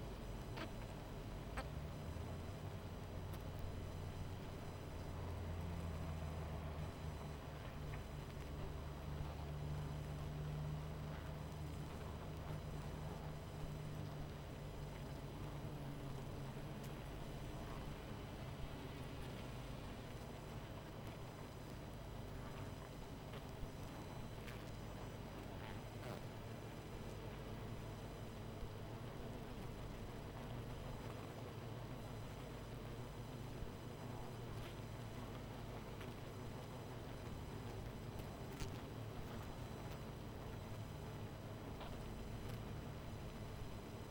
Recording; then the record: honeybee colony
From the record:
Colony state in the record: missing queen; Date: 14 July 2017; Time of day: 22:13